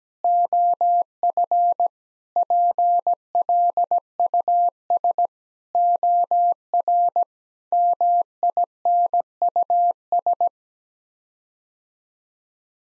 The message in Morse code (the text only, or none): OF PLUS OR MINUS